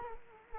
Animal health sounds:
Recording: mosquito wingbeat signal from an infrared sensor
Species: Culex quinquefasciatus

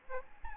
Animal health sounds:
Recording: mosquito wingbeat signal from an infrared sensor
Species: Aedes albopictus

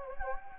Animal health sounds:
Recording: mosquito wingbeat signal from an infrared sensor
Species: Anopheles gambiae

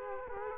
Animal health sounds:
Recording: mosquito wingbeat signal from an infrared sensor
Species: Culex quinquefasciatus

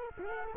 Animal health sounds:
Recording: mosquito wingbeat signal from an infrared sensor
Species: Culex quinquefasciatus

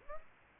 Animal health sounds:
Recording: mosquito wingbeat signal from an infrared sensor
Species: Aedes aegypti

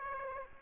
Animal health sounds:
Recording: mosquito wingbeat signal from an infrared sensor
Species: Aedes aegypti

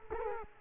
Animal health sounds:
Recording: mosquito wingbeat signal from an infrared sensor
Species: Culex quinquefasciatus

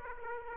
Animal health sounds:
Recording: mosquito wingbeat signal from an infrared sensor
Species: Aedes aegypti

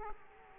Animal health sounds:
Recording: mosquito wingbeat signal from an infrared sensor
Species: Culex quinquefasciatus

